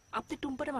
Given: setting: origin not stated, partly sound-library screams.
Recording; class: one-second piece from a danger detection set; normal situation